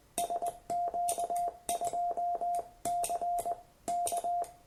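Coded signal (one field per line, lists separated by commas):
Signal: Morse code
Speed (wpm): 20 wpm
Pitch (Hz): 700 Hz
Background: none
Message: SQ2C K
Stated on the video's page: Morse sent on a cheap fake L&MAO paddle from Aliexpress, being reviewed and calibrated.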